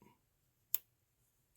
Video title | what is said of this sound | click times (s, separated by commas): MY ENTIRE COLLECTION drawer 14 | hear the click | 0.7 s